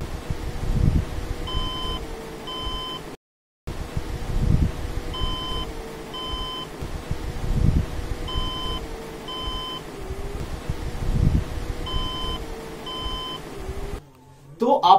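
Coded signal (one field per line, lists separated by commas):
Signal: beep code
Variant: HP desktop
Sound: two short high beeps, repeated about every three seconds, over a low hum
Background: fan hum, brief speech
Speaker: आपने देखा गाइड मतलब कि वाटर यहां पर जो लाडू है बे ग्लैड वह जलता है रिपोर्ट जल्द है और यहां पर हमारे सिस्टम में बीत दे रहा है टू टू टू इस तरह से भी दे रहा है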